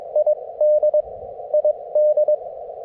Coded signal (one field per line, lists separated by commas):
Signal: Morse code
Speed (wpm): 21 wpm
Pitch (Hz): 590 Hz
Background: none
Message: ID ID